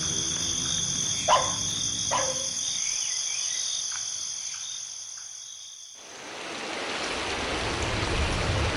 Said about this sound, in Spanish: Eso es el río despidiéndose.